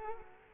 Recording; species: mosquito wingbeat signal from an infrared sensor; Culex quinquefasciatus